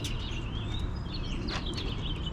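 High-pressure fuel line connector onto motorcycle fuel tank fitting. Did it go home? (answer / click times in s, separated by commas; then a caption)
no / none. A high-pressure fuel line quick-connector is handled at its fitting on the fuel pump/tank of a Royal Enfield Continental GT650 twin during its first service and valve adjustment. Steady background noise and bird-like chirps are heard, with one brief sharp sound at about 1.5 s. The connector has not clicked or seated yet.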